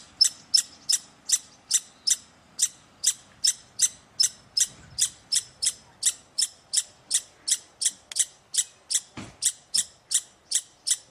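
Squirrel giving rapid sharp chips, nearly three each second in a steady run, with a brief low thump partway through.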